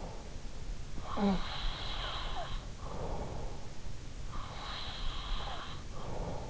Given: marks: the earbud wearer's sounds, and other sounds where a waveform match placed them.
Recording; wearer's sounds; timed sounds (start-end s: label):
sounds in sleep by an in-ear microphone; breath
0.44-6.50 s: breath